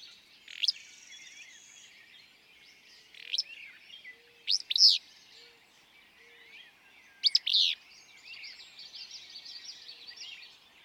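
Willow flycatcher singing abrupt, burry phrases a few seconds apart, against a busy backdrop of chirping birds.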